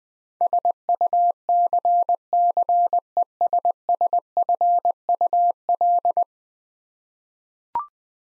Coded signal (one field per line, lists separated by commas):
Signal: Morse code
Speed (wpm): 20 wpm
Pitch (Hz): 700 Hz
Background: none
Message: SUCCESSFUL